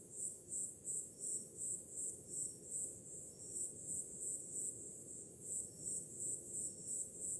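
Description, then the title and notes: Cricket chirps in high, rapid pulses about three a second, briefly softer midway, with the low hush of sea waves behind. Summer night, with ocean sound in the background. "Som do mar ao fundo, grilos e cigarras em uma noite de verão – Ocean, crickets and cicadas in a summer night"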